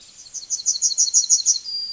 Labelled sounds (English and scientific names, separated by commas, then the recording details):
Yellowhammer (Emberiza citrinella) song
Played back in forest
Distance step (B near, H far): C
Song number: 034